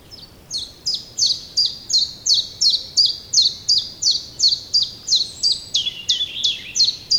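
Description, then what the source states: Common chiffchaff song, a steady run of sharp, high, downward-slurred notes, roughly three per second, alternating slightly in pitch for about seven seconds. Spring recording.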